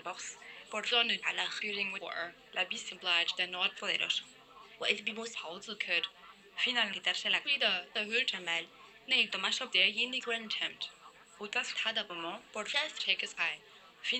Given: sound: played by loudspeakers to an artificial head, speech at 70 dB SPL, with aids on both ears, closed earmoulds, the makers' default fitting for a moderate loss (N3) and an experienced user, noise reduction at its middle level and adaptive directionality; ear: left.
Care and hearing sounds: speech test signal (ISTS) in cocktail-party noise; +6 dB; in front (0 degrees)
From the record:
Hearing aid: class 1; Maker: I

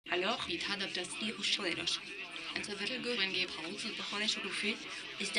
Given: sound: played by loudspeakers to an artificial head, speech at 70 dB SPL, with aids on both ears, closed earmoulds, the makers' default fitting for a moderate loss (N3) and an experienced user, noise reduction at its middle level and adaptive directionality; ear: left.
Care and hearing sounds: speech test signal (ISTS) in cocktail-party noise; +9 dB; in front (0 degrees)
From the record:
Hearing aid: class 2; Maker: D

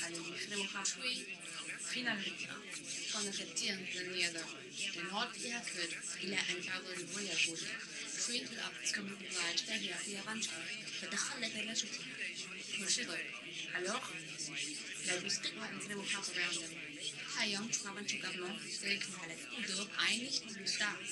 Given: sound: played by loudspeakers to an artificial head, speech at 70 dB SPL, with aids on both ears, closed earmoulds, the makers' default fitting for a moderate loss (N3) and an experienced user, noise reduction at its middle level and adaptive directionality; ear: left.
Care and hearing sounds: speech test signal (ISTS) in cocktail-party noise; +3 dB; on the right (90 degrees)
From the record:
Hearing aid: class 1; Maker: J

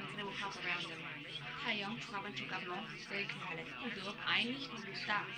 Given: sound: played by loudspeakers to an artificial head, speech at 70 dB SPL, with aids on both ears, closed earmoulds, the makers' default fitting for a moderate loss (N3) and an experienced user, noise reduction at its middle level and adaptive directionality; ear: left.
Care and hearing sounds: speech test signal (ISTS) in cocktail-party noise; +3 dB; on the right (90 degrees)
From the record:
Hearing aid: class 2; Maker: F

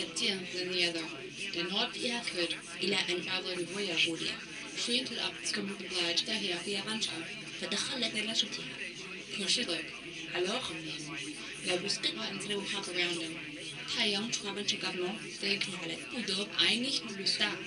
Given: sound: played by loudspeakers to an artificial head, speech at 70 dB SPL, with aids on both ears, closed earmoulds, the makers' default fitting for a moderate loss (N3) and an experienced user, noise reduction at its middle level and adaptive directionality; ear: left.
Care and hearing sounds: speech test signal (ISTS) in cocktail-party noise; +6 dB; on the right (90 degrees)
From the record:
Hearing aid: class 2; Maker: B

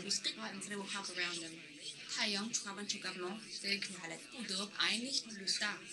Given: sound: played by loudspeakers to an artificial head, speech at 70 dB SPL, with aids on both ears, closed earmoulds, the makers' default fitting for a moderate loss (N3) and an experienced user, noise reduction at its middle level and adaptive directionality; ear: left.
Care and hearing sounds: speech test signal (ISTS) in cocktail-party noise; +9 dB; on the right (90 degrees)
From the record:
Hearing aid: class 1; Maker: H

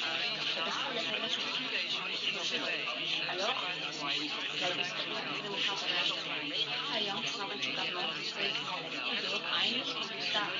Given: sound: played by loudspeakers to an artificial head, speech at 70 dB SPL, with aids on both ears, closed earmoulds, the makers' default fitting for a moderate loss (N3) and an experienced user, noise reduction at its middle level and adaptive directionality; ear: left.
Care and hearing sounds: speech test signal (ISTS) in cocktail-party noise; -3 dB; on the right (90 degrees)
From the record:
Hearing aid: class 1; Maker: G

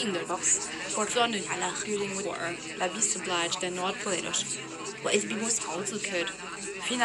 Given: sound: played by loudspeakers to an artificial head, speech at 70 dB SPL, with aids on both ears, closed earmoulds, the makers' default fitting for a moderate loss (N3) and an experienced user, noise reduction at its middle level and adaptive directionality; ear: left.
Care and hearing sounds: speech test signal (ISTS) in cocktail-party noise; -3 dB; in front (0 degrees)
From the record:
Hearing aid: class 2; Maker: E

